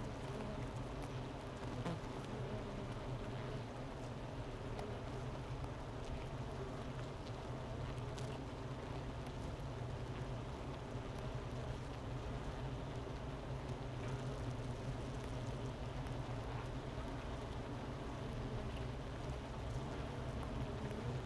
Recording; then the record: honeybee colony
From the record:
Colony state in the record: missing queen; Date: 31 May 2018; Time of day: 11:24